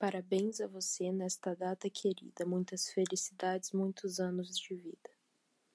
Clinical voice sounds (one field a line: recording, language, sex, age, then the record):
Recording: short text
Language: Brazilian Portuguese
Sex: female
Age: 20 to 29 years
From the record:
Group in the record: control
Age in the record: 20 years